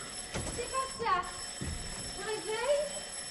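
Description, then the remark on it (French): A voice imitates a ringing telephone in Madame Alvarez's home, in a 1960 French staging of Gigi after Colette, with two bursts of warbling, trilled tones that rise and fall in pitch, separated by short thumps and low background noise. “elle va à la porte. Elle va au réveil. Elle va enfin au téléphone car il est posé.”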